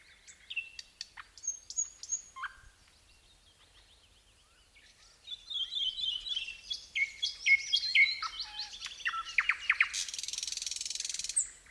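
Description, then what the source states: Nightingale singing varied phrases: scattered high whistles and chips, a quiet gap, then dense fast rattles and descending notes ending in a high buzzy stretch. Song of a wild-caught nightingale.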